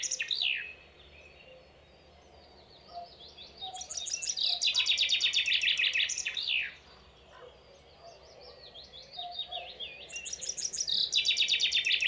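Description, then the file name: Common chaffinch song: a phrase trails off at the start, followed by one complete cascading trill with a terminal flourish and, after a few seconds of quiet, another that is cut off at the end. "Fringilla coelebs"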